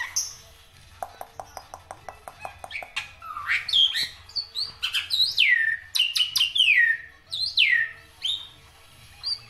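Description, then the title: Black-winged myna song: a rapid series of clicks followed by loud, sweeping descending whistles and chattering notes. Dense, varied song with many variations, used as a tutor recording for training songbirds. "Kicauan Rapat Jalak Putih Gacor Banyak Variasi Untuk Masteran"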